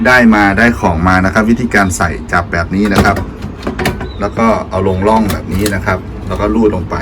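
Someone talks while handling a replacement drum cartridge for a laser printer, whose faulty drum had been smearing the print, setting it toward the guide grooves to slide it down. A few brief sharp handling knocks occur around 3.7 to 4.0 seconds. Nothing has seated or clicked into place yet.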